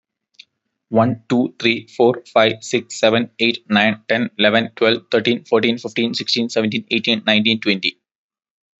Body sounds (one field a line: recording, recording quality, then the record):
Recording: counting at a fast pace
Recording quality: excellent, no background noise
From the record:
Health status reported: exposed to COVID-19, no respiratory illness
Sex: male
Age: 25 years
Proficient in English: yes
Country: India